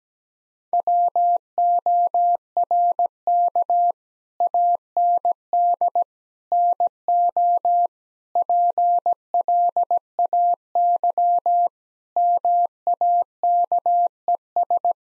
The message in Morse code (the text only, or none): WORK AND NO PLAY MAKES